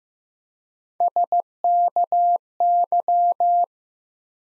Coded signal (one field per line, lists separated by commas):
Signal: Morse code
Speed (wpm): 15 wpm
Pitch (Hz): 700 Hz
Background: none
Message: SKY